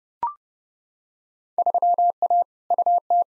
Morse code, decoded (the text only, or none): 3A UT